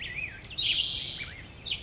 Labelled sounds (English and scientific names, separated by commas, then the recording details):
Black-headed Grosbeak (Pheucticus melanocephalus)
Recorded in Sonoma County, California